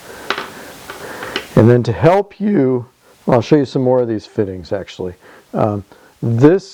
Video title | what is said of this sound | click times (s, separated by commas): Trying out Button-Fix plastic fasteners | here it is and it snaps out just as easy and | 0.3 s, 1.4 s